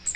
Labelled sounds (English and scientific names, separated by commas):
Magnolia Warbler (Setophaga magnolia) flight call